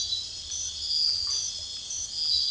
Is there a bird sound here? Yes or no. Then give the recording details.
no. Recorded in secondary vegetation near Puerto Asís, Putumayo, Colombia, on 9 March 2025 at 04:00. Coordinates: 0.498, -76.327. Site G001